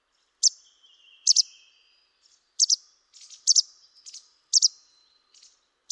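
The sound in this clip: Bird calls: sharp, high double chirps roughly every second, with softer chatter and a thin, steady high whistle drawn out between them.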